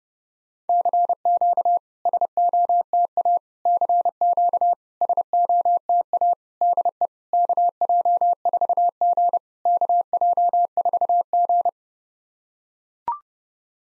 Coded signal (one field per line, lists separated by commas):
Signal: Morse code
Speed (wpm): 27 wpm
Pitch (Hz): 700 Hz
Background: none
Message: CQ SOTA CQ SOTA DE KJ4G KJ4G